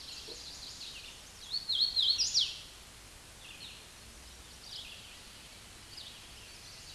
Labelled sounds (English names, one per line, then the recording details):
Hooded Warbler song
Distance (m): 15 m
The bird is about 10 m above the microphone
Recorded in a Pennsylvania forest on 16 May 2024 at 09:36
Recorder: AudioMoth, point MSD-0814
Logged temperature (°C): 15.8 °C
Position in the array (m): 166 m, 114 m